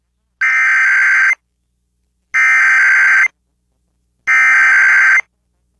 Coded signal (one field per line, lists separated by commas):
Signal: Emergency Alert System (SAME) tones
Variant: header bursts